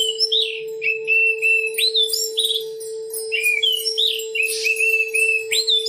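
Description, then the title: Oriental magpie-robin song of sweet, varied whistles and quick slurred phrases, accompanied by a continuous low hum. "Kicau Kacer"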